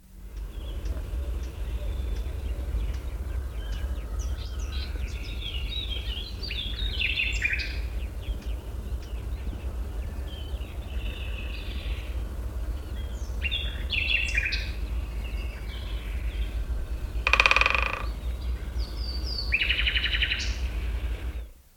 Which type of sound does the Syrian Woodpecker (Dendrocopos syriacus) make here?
drumming